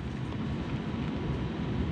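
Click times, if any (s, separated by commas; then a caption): none. A handlebar grip/lever component is lightly placed over a motorcycle handlebar and positioned, ahead of being pulled back and rotated until it catches in a groove. Only a steady, broadband rumbling background is heard, with no distinct click or impact. Nothing has seated or clicked yet.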